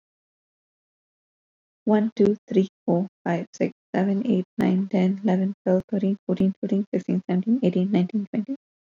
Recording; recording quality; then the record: counting at a fast pace; moderate, slight background noise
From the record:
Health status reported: COVID-19 positive, no symptoms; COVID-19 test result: positive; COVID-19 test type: RT-PCR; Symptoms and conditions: cold, fatigue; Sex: female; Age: 26 years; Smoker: no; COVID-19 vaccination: both doses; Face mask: not worn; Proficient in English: yes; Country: India